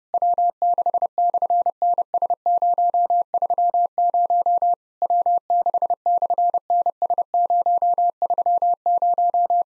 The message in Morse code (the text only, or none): W6/NS030 W6/NS030